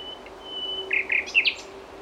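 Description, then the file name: Common nightingale phrase: a long, steady pure whistle followed by a few harsh, buzzy notes, over a faint low steady hum. "Luscinia megarhynchos"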